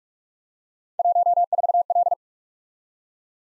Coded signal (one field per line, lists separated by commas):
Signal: Morse code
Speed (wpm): 44 wpm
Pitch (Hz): 700 Hz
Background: none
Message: 14L